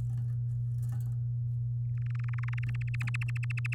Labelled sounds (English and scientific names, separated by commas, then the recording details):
Domestic Canary (Serinus canaria) song
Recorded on 11 May 2018 at 05:45
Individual llb16